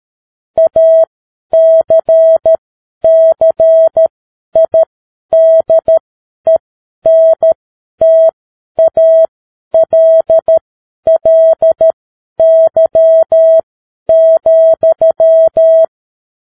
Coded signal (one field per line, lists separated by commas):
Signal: Morse code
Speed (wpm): 13 wpm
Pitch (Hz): 650 Hz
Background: none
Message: ACCIDENTALLY,